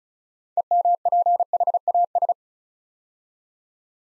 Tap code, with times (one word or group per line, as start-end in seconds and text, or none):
none